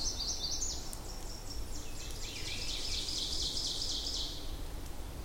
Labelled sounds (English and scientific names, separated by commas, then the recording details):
Ovenbird (Seiurus aurocapilla) song
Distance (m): 60 m
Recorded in boreal forest in Alberta, Canada, on 26 May 2016 at 08:02
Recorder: SongMeter 3, array SBT-3-15
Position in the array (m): 58 m, 140 m
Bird 20